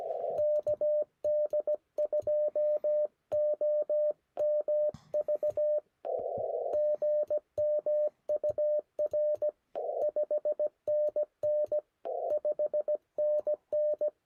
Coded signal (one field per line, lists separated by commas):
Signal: Morse code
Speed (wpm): 17 wpm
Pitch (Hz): 590 Hz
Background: none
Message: KD2OMV GM UR 5NN 5NN